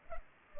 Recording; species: mosquito wingbeat signal from an infrared sensor; Culex pipiens